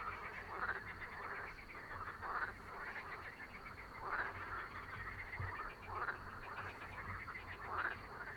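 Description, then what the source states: Frogs croaking together in a steady babbling chorus, with brighter louder calls rising out of the din roughly every one to two seconds. Babble of many frogs calling together.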